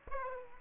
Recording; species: mosquito wingbeat signal from an infrared sensor; Aedes aegypti